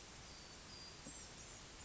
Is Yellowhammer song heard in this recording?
no